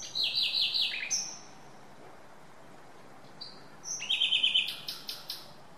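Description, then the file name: Common nightingale song in two bursts: fast repeated chirping notes and a clear whistle, a pause, then a second run of loud, evenly pulsed notes. "Luscinia megarhynchos"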